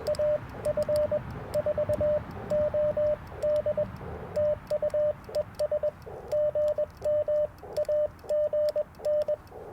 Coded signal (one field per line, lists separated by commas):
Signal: Morse code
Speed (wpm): 20 wpm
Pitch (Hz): 590 Hz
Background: radio noise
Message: AF4OD TU ES GM AGN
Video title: Morning Morse Code at Tuskegee National Forest K-4451 - 12/12/23